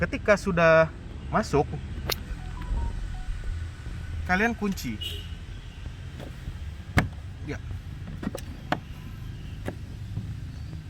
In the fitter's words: sudah terkunci dua-duanya ya berarti sudah aman